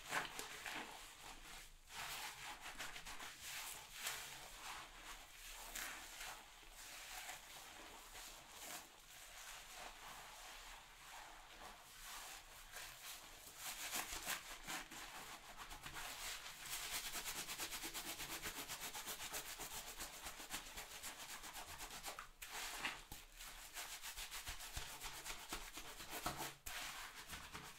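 Hair salon sounds, with steady, dense rubbing and scrubbing like hands working through wet hair during a shampoo. The hiss-like friction stays bright and continuous for the whole stretch, with brief pauses around two seconds, twenty-two seconds and near the end.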